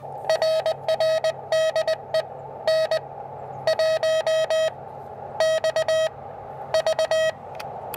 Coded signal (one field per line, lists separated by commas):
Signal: Morse code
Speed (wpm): 20 wpm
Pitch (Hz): 1270 Hz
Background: none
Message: RR DE N1XV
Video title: Learn Morse Code FAST! How to Start Sending & Receiving CW